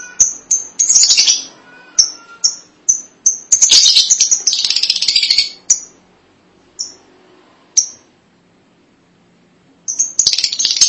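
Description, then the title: Lovebird calling with high sharp chirps and several bursts of shrill chattering, then sparse single chirps and a final chatter burst. "BM Suara Burung Lovebird"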